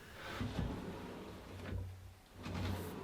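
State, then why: Not seated. A drawer box with a wooden fascia is offered up onto concealed drawer runners in a face-frame cabinet, its locking clips meant to click onto the runners. Low sliding and rumbling swells are heard around 0.4–0.7 s, 1.7 s and 2.5–2.8 s, with no sharp clicks. Nothing has seated or clicked yet.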